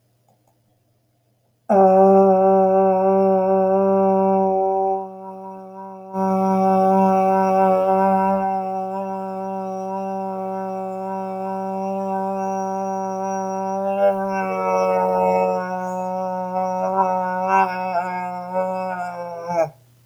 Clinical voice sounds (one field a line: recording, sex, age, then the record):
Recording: vowel held as long as possible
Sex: female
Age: 30 to 39 years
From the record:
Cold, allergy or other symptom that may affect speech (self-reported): yes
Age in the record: 38 years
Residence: Maine, United States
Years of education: 22